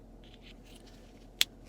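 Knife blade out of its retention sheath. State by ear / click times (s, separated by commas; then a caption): released / 1.4 s. A SpearPoint Technologies DLS 2.0 Phantom knife is drawn from its retention sheath, where small indentations on either side of the blade meet a detent inside the sheath. After faint, quiet rustling, the detent retention lets go with a single sharp snap at 1.4 s, and the knife comes free of the sheath.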